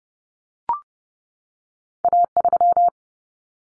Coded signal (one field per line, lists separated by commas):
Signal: Morse code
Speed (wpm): 30 wpm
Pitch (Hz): 700 Hz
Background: none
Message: A3